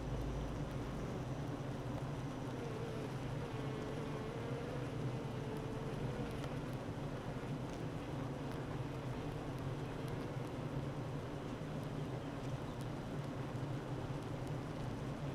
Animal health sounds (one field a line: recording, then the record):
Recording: honeybee colony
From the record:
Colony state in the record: active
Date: 12 June 2018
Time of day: 9:05